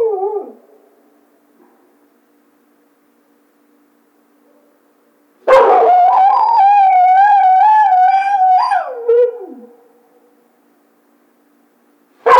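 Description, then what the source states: Coyote howls: a brief falling note, a quiet pause, then a loud wavering howl of about four seconds that drops away, with another call starting at the end. Howl; recorded 2010-02-01.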